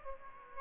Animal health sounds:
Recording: mosquito wingbeat signal from an infrared sensor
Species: Aedes aegypti

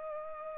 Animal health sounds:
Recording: mosquito wingbeat signal from an infrared sensor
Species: Culex pipiens

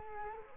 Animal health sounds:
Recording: mosquito wingbeat signal from an infrared sensor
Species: Culex quinquefasciatus

